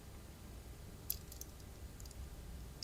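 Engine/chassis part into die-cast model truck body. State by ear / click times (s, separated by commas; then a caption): seated / 1.1 s. A small plastic or metal engine or chassis part is lined up and pressed into the body of a 1:64 M2 Machines die-cast Datsun truck model, having not seated earlier because it wasn't lined up. A sharp click at 1.1 s marks it snapping into place, followed by fainter clicks around 1.3 s, 1.4 s and 2.8 s over a low background hum. The part is seated.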